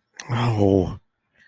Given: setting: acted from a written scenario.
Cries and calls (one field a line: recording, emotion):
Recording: vocal sound without words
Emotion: disappointment